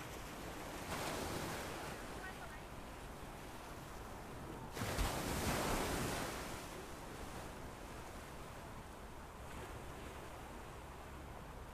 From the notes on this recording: light ocean waves at Crissy Beach